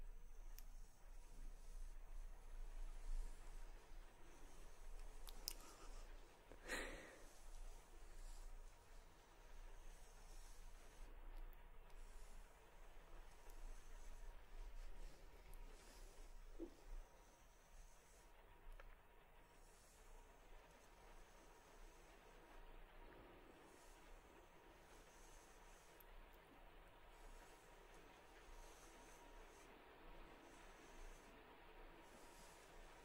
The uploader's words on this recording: ASMR Personal Attention For Sleep face brushing, face touching, lens tapping + more.